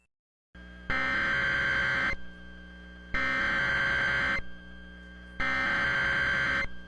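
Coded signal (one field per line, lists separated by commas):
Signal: Emergency Alert System (SAME) tones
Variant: header bursts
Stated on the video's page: Personally captured real EAS alerts.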